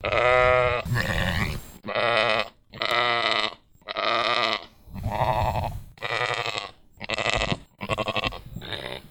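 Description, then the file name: Lamb bleating, a long run of wavering, nasal bleats separated by brief pauses. "cordero"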